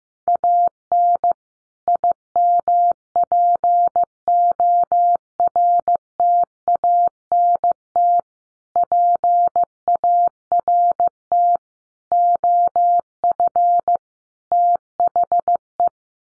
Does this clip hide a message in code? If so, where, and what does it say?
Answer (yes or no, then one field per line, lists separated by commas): yes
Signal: Morse code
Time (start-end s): 0.3-15.9 s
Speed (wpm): 15 wpm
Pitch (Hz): 700 Hz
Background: none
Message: AN IMPORTANT PART OF THE